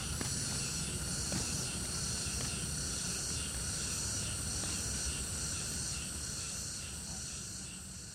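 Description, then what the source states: Cricket chorus forms a continuous high buzzing band with faint pulsing, over a low constant hum that fades slightly toward the end. Crickets in the Old Summer Palace, in summer.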